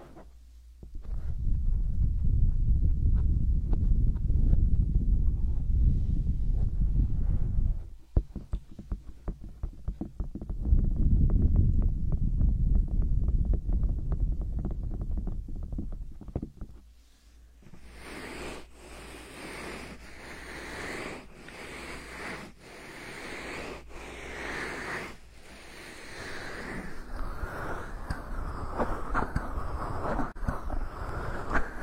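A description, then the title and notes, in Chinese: Hand massage: for the first seventeen seconds, heavy, deep rubbing and pressing sounds fill the clip, with a short pause near eight seconds. After that the rubbing turns quieter and lighter, with brighter skin-on-skin swishes and scattered small taps and clicks. 手部按摩3（声控助眠）。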